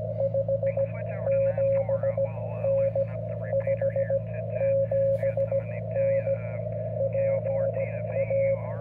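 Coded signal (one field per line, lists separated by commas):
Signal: Morse code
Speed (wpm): 15 wpm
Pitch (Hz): 550 Hz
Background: music, radio noise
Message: 57N 57N PA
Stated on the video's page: Straight-key CW from a QRP parks-on-the-air activation on an FT-891 with a 9:1 end-fed random wire and ZM-2 tuner, on 15, 17, 20 and 40 m.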